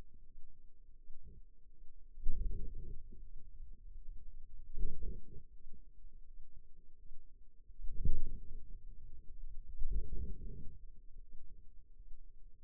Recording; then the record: forearm muscle sounds (acoustic myography)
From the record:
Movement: wrist extension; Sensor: system 2, bracelet of six BSWA MPA416 microphones around the upper forearm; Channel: 1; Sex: female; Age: 23 years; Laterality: right